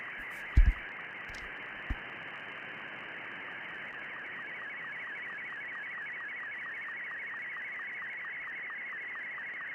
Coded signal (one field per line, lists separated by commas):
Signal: SSTV (slow-scan television)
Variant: Martin 2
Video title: Scanning the airwaves with the SDR